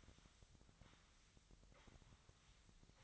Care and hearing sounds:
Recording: daily activity, microphone in the room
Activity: sweep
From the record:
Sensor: 3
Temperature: 24.8 degrees Celsius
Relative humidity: 38.3%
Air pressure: 1003.1 hPa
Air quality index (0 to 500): 196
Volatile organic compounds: 6 ppm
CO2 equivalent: 1913 ppm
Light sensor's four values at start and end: 18/44/19/20 and 18/44/19/20

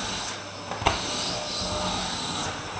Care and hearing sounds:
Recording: daily activity, microphone in the room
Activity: vacuum cleaning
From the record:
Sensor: 2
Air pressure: 995.1 hPa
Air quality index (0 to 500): 50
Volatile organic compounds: 1 ppm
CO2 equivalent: 782 ppm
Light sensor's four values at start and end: 16/52/20/19 and 13/44/17/17

